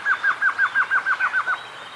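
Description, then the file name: Glossy antshrike song: a steady run of about ten short downslurred nasal notes, evenly spaced, ending abruptly. "Canto do choca dagua"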